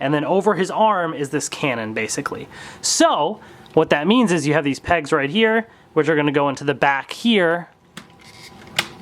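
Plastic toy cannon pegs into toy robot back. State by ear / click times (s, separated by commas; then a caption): seated / 8.8 s. Someone talks while pushing the pegs of a plastic toy cannon backpack into the back of a toy robot. A short, sharp click at 8.8 s marks the pegs clicking into place, and the cannon is seated.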